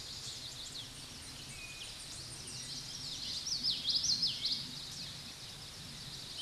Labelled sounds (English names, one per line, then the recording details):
Common Yellowthroat song
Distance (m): 15 m
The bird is about level with the microphone
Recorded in a Pennsylvania forest on 16 May 2024 at 09:51
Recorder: AudioMoth, point MSD-1418
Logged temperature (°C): 16.4 °C
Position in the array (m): 225 m, 186 m